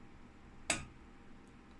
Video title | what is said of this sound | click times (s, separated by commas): Noctua Single tower to Noctua Single tower cooler swap - Worth it? | I hear a distinctive click meaning we found a thread | 0.7 s